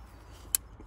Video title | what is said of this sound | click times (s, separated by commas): Intercooler hoses & throttle body replacement on Land Rover Freelander 2 / LR2 | clicked, definitely clicked. | 0.5 s